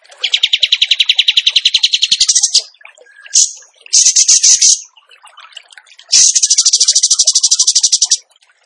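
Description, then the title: Bird song in four bursts of rapid, shrill trilled notes: a long trill, two shorter bursts, then another long trill. Training recording (masteran) of a bird singing in the tembakan gacor style. "Masteran Burung Tembakan Gacor"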